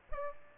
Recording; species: mosquito wingbeat signal from an infrared sensor; Aedes albopictus